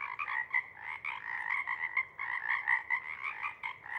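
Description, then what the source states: Pacific chorus frogs calling together, many rapid croaks overlapping into a continuous, pulsing chorus. Pacific chorus frog (Pseudacris regilla) chorus at a pond in the pre-morning twilight as the late night wanes; the chorus waxes and wanes.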